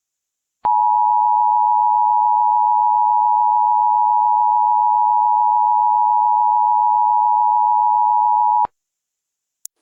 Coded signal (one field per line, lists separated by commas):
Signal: Emergency Alert System (SAME) tones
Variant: 853 and 960 Hz attention tone